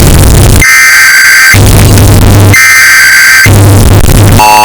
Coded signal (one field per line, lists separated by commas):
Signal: Emergency Alert System (SAME) tones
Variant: header bursts